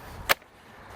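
A small 2.5 Ah battery pack is pushed into the battery slot of an EGO Power+ string trimmer and latches. A single sharp, bright click at 0.3 s rises over a low background rumble, followed by a much fainter tick at 0.4 s. The battery locks into place.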